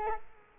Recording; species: mosquito wingbeat signal from an infrared sensor; Culex quinquefasciatus